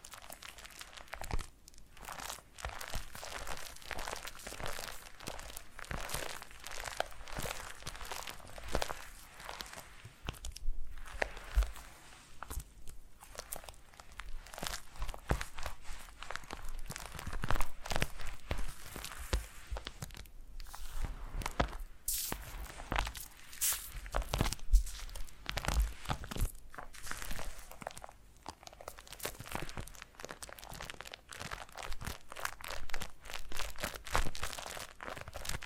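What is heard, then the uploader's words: Foam massage sounds: dense, continuous crinkling and crunching with squeaky rubbing, made of rapid irregular strokes. Brief louder crackles pop out every few seconds, especially around the middle and near the end, over a dark, quiet low end. ASMR Brain Melting Foam Massage for Sleep (No Talking).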